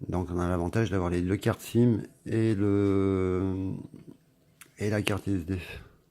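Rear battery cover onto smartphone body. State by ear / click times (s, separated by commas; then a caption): not seated / none. Someone talks while handling the plastic rear battery cover of a Cubot X18 smartphone, having just shown its SIM and SD card slots, and brings the cover back toward the phone body. The clip ends before the cover clips on, so nothing has seated or clicked yet.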